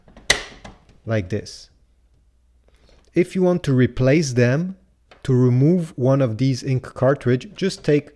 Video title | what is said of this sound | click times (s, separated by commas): HP Deskjet 4155e & 4100 Series Printer : How to Install & Replace Ink Cartridges | it's like this and then push it until it clicks | 0.3 s